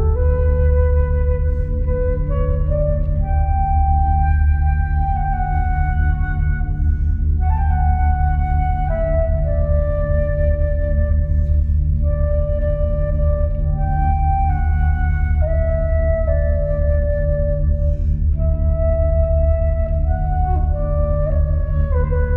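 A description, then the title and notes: A delta binaural beat: a deep, steady low drone runs unbroken for the whole clip at an even loudness. Above it, soft sustained tones step slowly up and down every second or two, like a gentle, wandering melody over the hum. Binaural Beat Delta.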